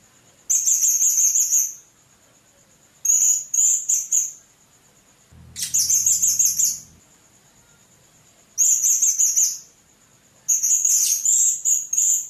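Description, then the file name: Blue-crowned hanging parrot producing repeated bursts of high, buzzy chattering notes, with a brief low rumble midway and a continuous thin high tone behind. "serindit"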